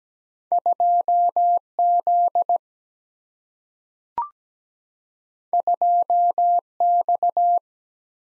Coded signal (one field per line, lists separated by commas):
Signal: Morse code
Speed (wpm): 17 wpm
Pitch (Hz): 700 Hz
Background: none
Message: 2 Z 2 X